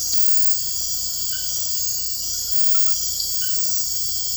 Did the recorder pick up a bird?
no